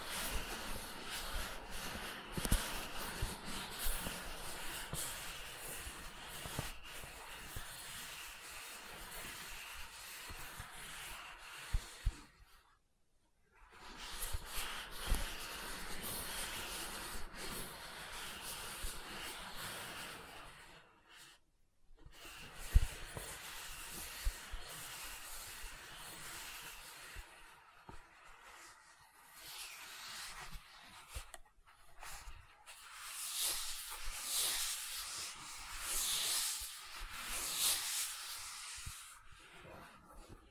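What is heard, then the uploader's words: Gentle silicone sounds rub and scrape in a dense, hissy stream, broken by two brief silences near 13 and 22 seconds, then turning clickier. ASMR Gentle Silicon Sounds for Sleep (No Talking).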